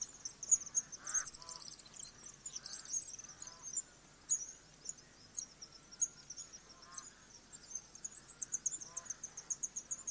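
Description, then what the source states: House swift twittering calls, high thin trills repeating in short bursts, with a few lower bird notes and a background hiss. Adult.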